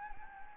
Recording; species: mosquito wingbeat signal from an infrared sensor; Anopheles gambiae